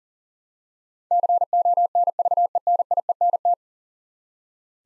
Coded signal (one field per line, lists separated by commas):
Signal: Morse code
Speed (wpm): 40 wpm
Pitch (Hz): 700 Hz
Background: none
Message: CONVENIENT